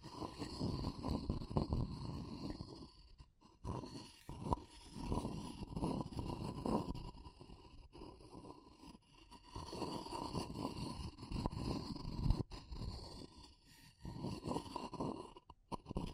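Wood, bamboo and straw are handled in dense, scratchy bursts of rubbing and scraping, mostly low and grainy with a faint brighter rasp on top. The textures come in uneven stretches separated by brief near-silent pauses around 3, 8 and 14 seconds.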